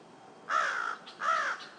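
Crow giving two harsh, drawn-out caws in quick succession.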